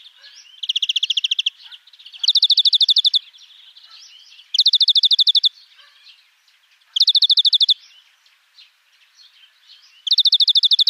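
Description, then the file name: European greenfinch giving several rolling trills a couple of seconds apart, with soft chirps in between. "Chloris chloris"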